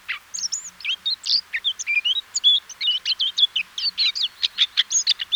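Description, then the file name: Eurasian blackcap song, lively run of varied warbled notes ending in evenly spaced, sharper repeated elements. "Sylvia atricapilla"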